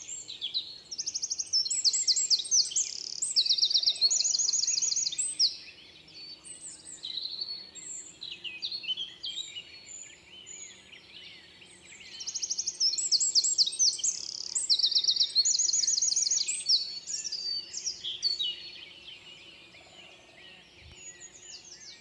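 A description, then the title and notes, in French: A wren delivers two long, loud, rapid trilling songs, early and midway, over quieter chirping birds and a faint low forest hum. 8h30 - Saint dizier en diois - Nagra seven - mkh8020 -stéréo. Magnifique ambiance forestière avec un Troglodyte mignon et divers oiseaux. Les sifflets fins et aigus d'un Grimpereau des bois au début. Les insectes bourdonnent. Un troglodyte dans la forêt.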